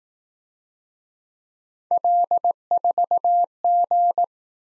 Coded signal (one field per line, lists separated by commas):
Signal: Morse code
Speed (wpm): 19 wpm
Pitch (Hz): 700 Hz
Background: none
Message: L4G